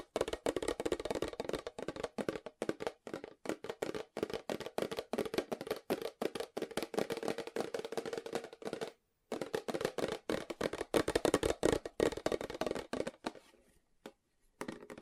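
Fast tapping runs almost without pause, dense quick strikes packed into rapid bursts with tiny gaps between them. The taps are crisp, with a firm middle body around each hit. A brief silence falls near nine seconds, and the tapping thins out toward the end.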